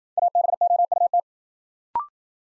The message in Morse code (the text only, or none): ABOUT